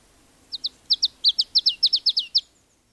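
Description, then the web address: Marsh tit calling, a single quick run of about a dozen high, down-slurred chipping notes over a quiet background. "agykontroll Madardalok Cd 1. Barátcinege"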